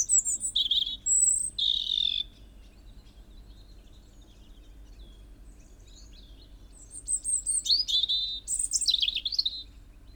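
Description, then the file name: European robin song: high, thin whistled phrases sliding and trilling, one burst at the start and a longer tumbling sequence after a quiet gap. "Erithacus rubecula"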